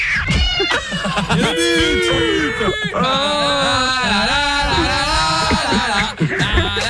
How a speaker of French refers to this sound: Elle dit pas qu'il a un bruit chelou, son chat?